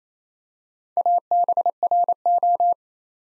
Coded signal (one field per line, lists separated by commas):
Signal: Morse code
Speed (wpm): 27 wpm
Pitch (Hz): 700 Hz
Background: none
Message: ABRO